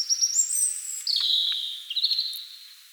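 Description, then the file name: European robin delivering a continuous, high, liquid warble of thin sustained whistles that step down and waver. "Erithacus rubecula"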